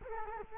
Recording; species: mosquito wingbeat signal from an infrared sensor; Culex quinquefasciatus